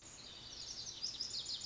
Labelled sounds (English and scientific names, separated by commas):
Lazuli Bunting (Passerina amoena)